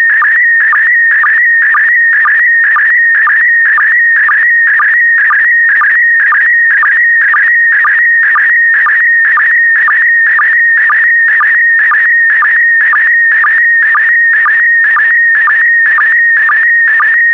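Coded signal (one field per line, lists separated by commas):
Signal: SSTV (slow-scan television)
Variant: PD120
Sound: warbling, chirping tone around 2 kHz with a steady rhythmic low blip about twice a second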